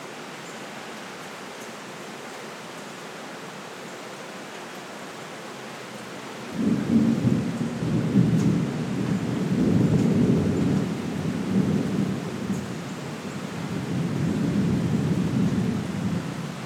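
Steady rain hisses evenly through the first six seconds of a summer storm. At about six and a half seconds a deep rolling rumble of thunder swells in and keeps growling, easing slightly near thirteen seconds before building again to the end.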